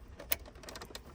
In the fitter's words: And you'll hear it click just like that.